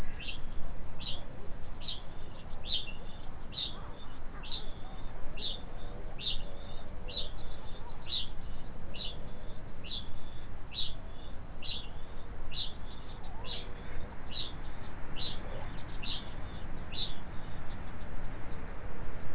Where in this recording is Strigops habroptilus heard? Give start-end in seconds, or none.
0.00-17.24